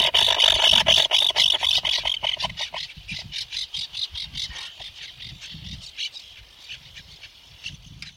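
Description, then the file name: Least auklet chattering, a quick regular trill of about four notes per second, loud at first then fading, over low rumbling background. "Konyuga-kroshka Aethia pusilla"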